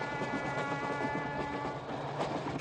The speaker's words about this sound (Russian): По длинному мосту поезд подъезжает к городу на берегу широкой реки.